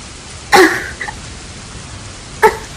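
A woman who has just been slapped coughs harshly in the rain: rasping coughs break out in short bursts, a strong one, a faint follow-up, then another hard cough after a pause, all over a steady hiss of background noise.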